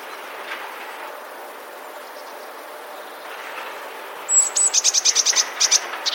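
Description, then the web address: Eurasian blue tit song, two thin very high drawn-out notes followed by a rapid series of sharp, slightly lower repeated notes. "wroblowe teka modraszkoteka"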